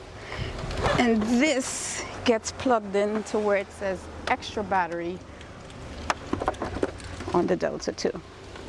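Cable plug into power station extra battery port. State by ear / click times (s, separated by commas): not seated / none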